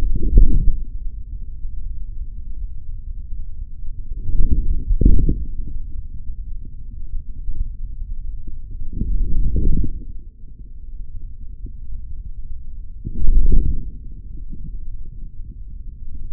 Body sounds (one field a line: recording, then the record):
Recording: forearm muscle sounds (acoustic myography)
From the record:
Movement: forearm pronation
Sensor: system 3, bracelet of six PUI Audio POM-2738L microphones around the upper forearm, with dedicated amplification and filtering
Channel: 1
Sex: male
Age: 26 years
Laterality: right